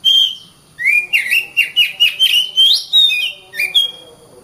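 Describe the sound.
Oriental magpie-robin singing a fast series of rising whistled notes with raspy edges, ending in a few longer clear whistles.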